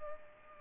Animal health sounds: mosquito wingbeat signal from an infrared sensor; Culex pipiens

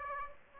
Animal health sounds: mosquito wingbeat signal from an infrared sensor; Aedes aegypti

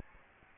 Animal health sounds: mosquito wingbeat signal from an infrared sensor; Aedes aegypti

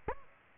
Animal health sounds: mosquito wingbeat signal from an infrared sensor; Aedes aegypti

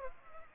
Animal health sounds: mosquito wingbeat signal from an infrared sensor; Culex pipiens

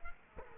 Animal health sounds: mosquito wingbeat signal from an infrared sensor; Culex quinquefasciatus

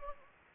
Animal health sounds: mosquito wingbeat signal from an infrared sensor; Anopheles gambiae

